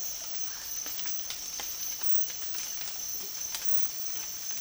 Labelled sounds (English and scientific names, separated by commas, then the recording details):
none
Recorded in dense forest near Puerto Asís, Putumayo, Colombia, on 8 March 2025 at 06:00
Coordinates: 0.503, -76.323
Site GP09